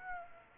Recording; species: mosquito wingbeat signal from an infrared sensor; Aedes aegypti